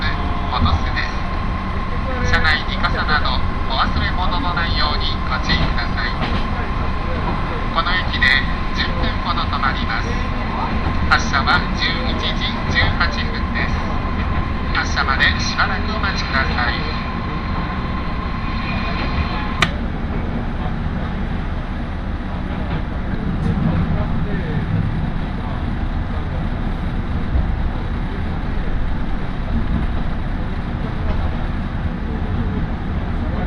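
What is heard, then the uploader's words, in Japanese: A ride on the Tarumi Railway from Morera Gifu toward Tarumi, with a steady low rumble of the train running throughout. For the first twenty seconds a high steady tone sounds along with scattered clicks and squeaks, then it cuts off abruptly and only the rolling rumble remains. 樽見鉄道 モレラ岐阜→樽見。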